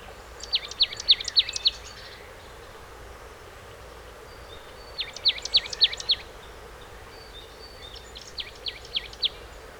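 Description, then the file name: Marsh tit uttering three quick bursts of high, sharp notes, the last burst weaker, separated by pauses of a few seconds over a steady hiss. "Poecile palustris"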